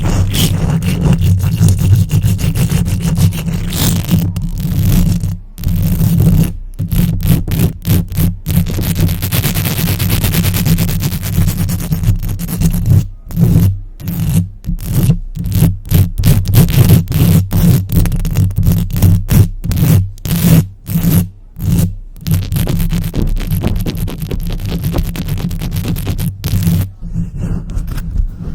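Fast, aggressive scratching and rubbing right against a microphone, with long nails dragging across it in a dense, nearly continuous rasp. Heavy low rumble sits under the scraping, broken by frequent sharp cutoffs and quick taps, thickest from about 13 to 27 seconds.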